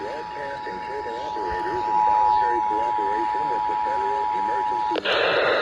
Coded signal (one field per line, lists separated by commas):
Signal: Emergency Alert System (SAME) tones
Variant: 853 and 960 Hz attention tone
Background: speech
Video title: EAS #1112-1119 NATIONAL EAS TEST OF 2021 on August 11, 2021 (Finally a legit CT Test) Last 2021 EAS